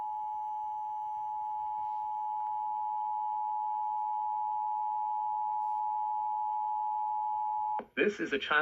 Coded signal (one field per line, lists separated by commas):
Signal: Emergency Alert System (SAME) tones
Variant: 853 and 960 Hz attention tone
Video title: (FOUND SAFE; EAS "#938") NC Child Abduction Emergency on WKBC-FM (N Wilkesboro, NC) - 4/16/2026